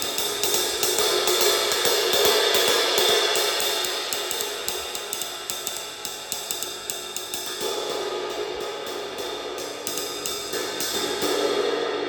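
A thin crash ride cymbal is played in a quick, steady stream of strokes, its bright, washy shimmer filling the top end throughout. Individual stick hits tick through the sustained wash, and the overall level eases slightly toward the middle before swelling again near the end.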